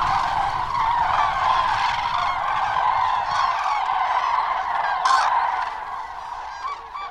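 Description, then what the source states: Common Crane flight calls, a dense flock chorus of loud trumpeting notes overlapping continuously, fading slightly toward the end. Cranes taking off and joining others already airborne after resting at roost, running a few metres with spread wings; young birds among adults; late February, small lagoon, Cabañeros, Spain; start of return to central and northern European breeding grounds.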